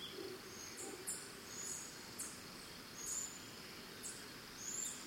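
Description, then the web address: Crickets trill steadily at high pitch with several quick bird chirps over a soft forest background. Forest and jungle ambience recorded in Costa Rica, with birds. "Big Room Sound Birds Crickets Costa Rica Distant Monkeys"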